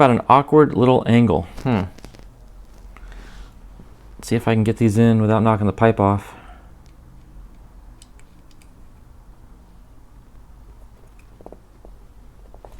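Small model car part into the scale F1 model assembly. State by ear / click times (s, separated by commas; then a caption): not seated / none. Someone talks while pushing small parts into a 1:8 scale DeAgostini Lotus F1 model (stages 28–30), working at an awkward angle near a pipe and trying not to knock the pipe off. Only faint light ticks follow in the quiet stretch. Nothing has snapped into place yet.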